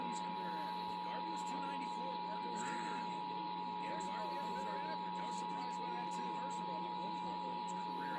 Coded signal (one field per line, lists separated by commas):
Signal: Emergency Alert System (SAME) tones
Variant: 853 and 960 Hz attention tone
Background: speech